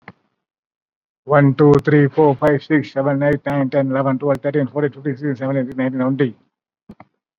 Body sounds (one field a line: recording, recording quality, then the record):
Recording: counting at a fast pace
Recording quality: excellent, no background noise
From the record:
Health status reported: COVID-19 positive, mild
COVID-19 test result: positive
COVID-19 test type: RT-PCR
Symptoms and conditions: sore throat, diabetes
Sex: male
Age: 62 years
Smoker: no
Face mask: worn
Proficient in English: no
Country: India